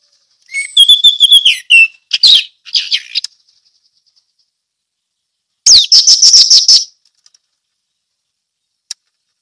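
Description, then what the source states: Orange-headed thrush song: sweet whistled phrases and buzzy trills in two groups, the second a fast rattling series, followed by quiet. Ngeplong song style.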